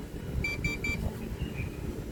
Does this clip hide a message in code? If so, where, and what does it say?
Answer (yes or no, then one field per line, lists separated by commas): no